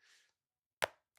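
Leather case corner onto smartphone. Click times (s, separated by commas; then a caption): 0.8 s. A leather Ryan London phone case corner is pressed over an iPhone 16 Pro Max until its edge snaps into place with a sharp, bright pop at 0.8 s. A soft, airy rustle is heard in the first 0.3 s, and a faint tick follows at 1.2 s. The corner is seated.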